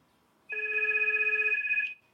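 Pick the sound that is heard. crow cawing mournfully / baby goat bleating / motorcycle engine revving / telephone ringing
telephone ringing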